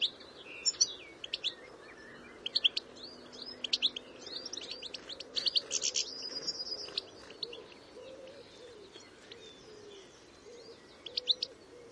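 Red-fronted serin calls: rapid high tinkling chirps and twittering notes in bursts, with a short buzzy trill.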